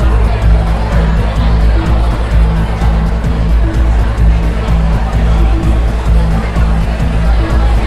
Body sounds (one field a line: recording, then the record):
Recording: background sound without coughing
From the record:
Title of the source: Party Noise 1 Hour Party Ambience